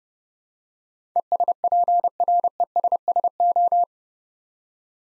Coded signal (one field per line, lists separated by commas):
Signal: Morse code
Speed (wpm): 28 wpm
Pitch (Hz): 700 Hz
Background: none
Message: ESPRESSO